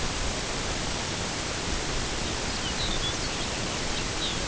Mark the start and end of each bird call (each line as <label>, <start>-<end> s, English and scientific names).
Lapland Longspur (Calcarius lapponicus), 2.19-4.45 s